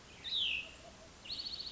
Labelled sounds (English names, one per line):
Cassin's Vireo